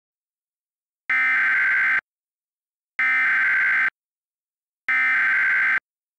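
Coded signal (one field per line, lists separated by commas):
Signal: Emergency Alert System (SAME) tones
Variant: header bursts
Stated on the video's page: Mock EAS alert for a simulated train derailment scenario.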